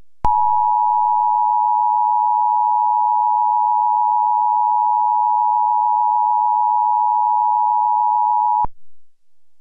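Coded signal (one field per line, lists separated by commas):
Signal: Emergency Alert System (SAME) tones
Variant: 853 and 960 Hz attention tone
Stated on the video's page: EAS alert interrupting a Univision broadcast.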